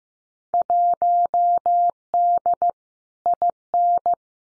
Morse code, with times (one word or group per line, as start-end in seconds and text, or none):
0.5-2.7 1D
3.3-4.1 IN